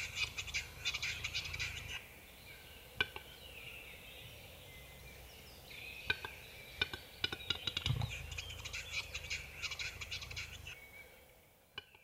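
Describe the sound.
Western capercaillie giving bursts of dry clicking notes, separated by softer hissing, wheezy sounds.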